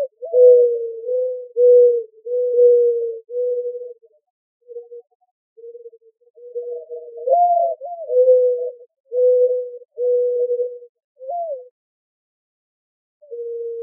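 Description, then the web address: Mourning dove cooing, low hollow notes: a few rise then fall, most are drawn out and level, in loose runs throughout with short gaps. Recorded in Arizona on 28 April 2004. "Doves AZFO MODO 042804. deviche"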